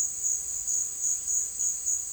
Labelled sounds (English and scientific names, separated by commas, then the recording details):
none
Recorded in secondary vegetation near Puerto Asís, Putumayo, Colombia, on 24 June 2025
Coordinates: 0.488, -76.319
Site G094